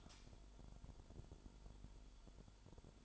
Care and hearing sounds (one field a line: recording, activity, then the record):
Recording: daily activity, microphone in the room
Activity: light on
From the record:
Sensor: 5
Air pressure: 1008.0 hPa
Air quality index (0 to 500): 102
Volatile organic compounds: 1 ppm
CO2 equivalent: 799 ppm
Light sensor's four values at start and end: 36/83/34/34 and 36/83/34/35